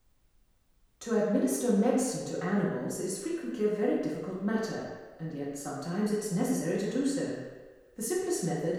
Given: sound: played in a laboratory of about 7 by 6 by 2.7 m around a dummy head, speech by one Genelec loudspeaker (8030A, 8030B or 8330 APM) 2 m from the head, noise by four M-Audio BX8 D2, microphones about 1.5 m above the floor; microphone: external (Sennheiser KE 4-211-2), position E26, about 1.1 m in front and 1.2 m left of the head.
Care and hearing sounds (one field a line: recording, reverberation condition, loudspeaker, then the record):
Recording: female speech in English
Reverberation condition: high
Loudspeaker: in front (0 degrees)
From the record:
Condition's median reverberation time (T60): about 1300 ms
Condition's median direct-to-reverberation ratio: about -4.0 dB